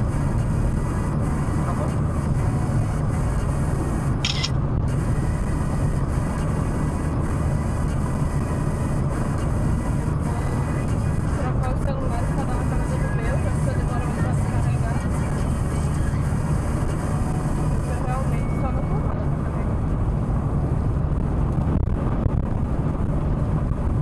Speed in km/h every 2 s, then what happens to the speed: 89, 89, 88, 87, 87, 87, 86, 85, 83, 82, 82, 82.
0-24 steady at about 86.